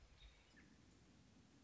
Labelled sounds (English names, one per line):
American Robin